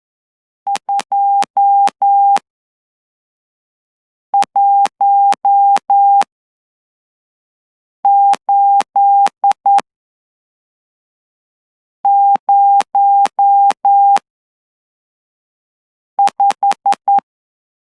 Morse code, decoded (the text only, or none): 21805